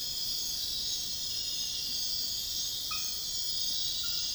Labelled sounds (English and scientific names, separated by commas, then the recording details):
none
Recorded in dense forest near Puerto Asís, Putumayo, Colombia, on 19 February 2024 at 03:30
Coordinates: 0.502, -76.324
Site G6370